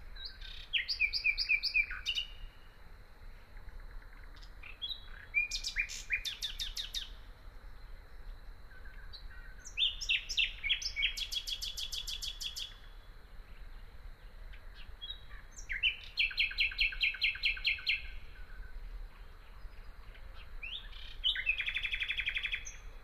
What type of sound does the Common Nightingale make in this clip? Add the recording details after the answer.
song. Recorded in the wild. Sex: male. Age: adult. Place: Teerofenbrücke, Nationalpark Unteres Odertal, Brandenburg, DE. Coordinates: 53.1333, 14.3525. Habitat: decidous forest. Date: 2013-05-05. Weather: clear, windless, 5°C. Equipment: Sound Devices 702, Sennheiser MKH 70, Rycote Windschutz. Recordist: Frommolt, Karl-Heinz. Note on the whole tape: Gesang einer Nachtigall